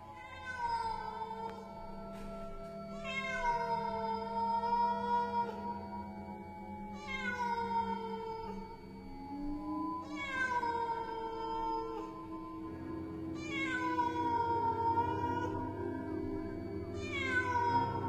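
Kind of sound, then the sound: animal, black cat meowing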